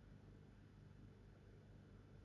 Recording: background sound without coughing